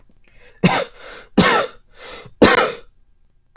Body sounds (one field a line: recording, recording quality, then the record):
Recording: heavy voluntary cough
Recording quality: excellent, no background noise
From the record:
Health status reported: healthy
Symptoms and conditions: none ticked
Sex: male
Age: 24 years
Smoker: not ticked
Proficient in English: yes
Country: United States